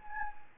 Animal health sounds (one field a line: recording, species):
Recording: mosquito wingbeat signal from an infrared sensor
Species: Anopheles gambiae